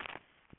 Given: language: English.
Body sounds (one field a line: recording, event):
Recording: throat vibration sensor signal played as sound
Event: swallow